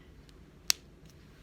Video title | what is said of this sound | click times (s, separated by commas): I will CUT you! | You need to hear that snap or you're in trouble. | 0.7 s